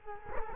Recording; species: mosquito wingbeat signal from an infrared sensor; Culex quinquefasciatus